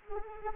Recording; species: mosquito wingbeat signal from an infrared sensor; Anopheles arabiensis